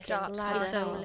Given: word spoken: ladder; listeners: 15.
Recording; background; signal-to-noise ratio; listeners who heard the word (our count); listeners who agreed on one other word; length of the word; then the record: one English word in noise, from a listening test; four-talker babble; -2.8 dB; 0 of 15; 7 of 15; 0.65 s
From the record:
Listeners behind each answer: 7, 4, 1, 1, 1, 1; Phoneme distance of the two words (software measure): 31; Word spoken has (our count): 2 syllables, 4 phonemes, stress on syllable 1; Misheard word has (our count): 1 syllable, 3 phonemes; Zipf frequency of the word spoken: 4.16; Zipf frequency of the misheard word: 3.91